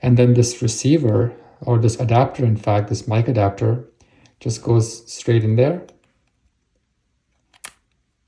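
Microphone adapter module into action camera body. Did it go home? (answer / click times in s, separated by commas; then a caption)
yes / 7.6 s. Someone talks for the first six seconds while a microphone adapter module for a DJI Mic 2 is pushed straight onto the bottom of an Insta360 Ace Pro action camera, taking the place of its removable cover. After a short quiet pause, it latches on both sides with a pair of sharp clicks at 7.6 and 7.7 seconds. The adapter is then well secured.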